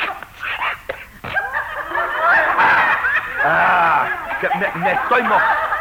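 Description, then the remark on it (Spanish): In the radio comedy Felipe with Luis Sandrini on LU10 Radio Azul, a voice imitates a stifled sneeze through a nose blocked with water, a run of strained, nasal snorts and honking squeaks that rise and fall for several seconds, fairly loud and continuous. “Y hago así porque el estornudo tiene la nariz tapada de agua.”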